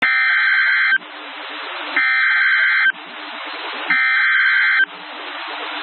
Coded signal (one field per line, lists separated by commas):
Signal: Emergency Alert System (SAME) tones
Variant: header bursts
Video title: Severe Thunderstorm Warning (Tooele County, UT) (8/17/24) [EAS #2]